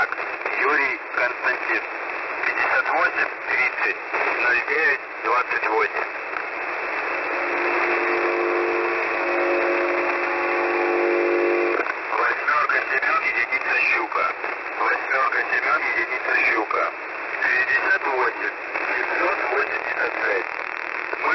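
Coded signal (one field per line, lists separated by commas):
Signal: coded military voice message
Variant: Russian, The Pip S30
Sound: voice speaking over noisy narrow shortwave audio, a steady humming tone midway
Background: radio static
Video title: S30 "The Pip" message (5448 kHz) on 25th May, 2020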